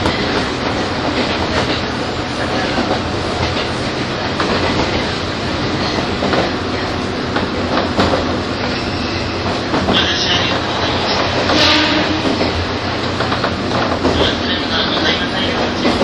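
A 201-series Chuo Line rapid train runs steadily, its rumble filling the whole 16 seconds with dense, even rail noise. Low hum from the motors sits under faint rhythmic clatter, and a few brighter squeals and hisses rise around the tenth to twelfth seconds.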